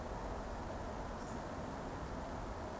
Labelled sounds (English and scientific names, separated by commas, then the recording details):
Eurasian Woodcock (Scolopax rusticola) whistle
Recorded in Baden-Württemberg, Germany, on 25 June 2020 at 20:24 UTC
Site 14569, 102 m above sea level